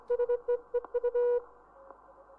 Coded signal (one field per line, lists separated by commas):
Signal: Morse code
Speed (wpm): 24 wpm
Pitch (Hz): 480 Hz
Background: none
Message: SEE U